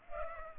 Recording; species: mosquito wingbeat signal from an infrared sensor; Culex pipiens